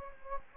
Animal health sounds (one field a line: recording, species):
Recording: mosquito wingbeat signal from an infrared sensor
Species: Anopheles gambiae